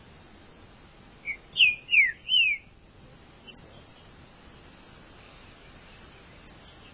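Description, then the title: Green-winged saltator song: a short phrase of four slurred whistles, most sliding downward, delivered quickly in a row, then quiet with a few faint chirps. "Trinca Ferro"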